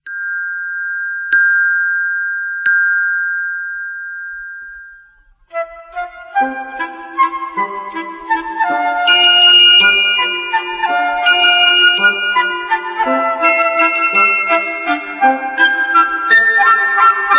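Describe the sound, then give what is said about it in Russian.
A small bell rings out with a few clear, high struck notes that hum and fade, then a busy, tinkling chime melody follows and plays on brightly to the end. “Динь-бом, динь-бом, звенит колокольчик.”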